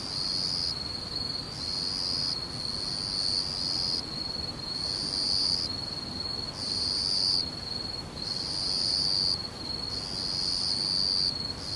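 Insects chirr in high, regular pulsing bursts about every second and a half, over a steady low rumble of background noise.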